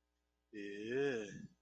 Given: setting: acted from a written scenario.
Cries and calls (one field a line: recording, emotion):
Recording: vocal sound without words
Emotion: disgust